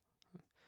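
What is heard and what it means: A power cable connector is pushed into its motherboard header until its plastic hook latches. A short, sharp click at 0.2 seconds marks it locking in, followed by a duller low thump around 0.35 seconds. The connector is seated and latched.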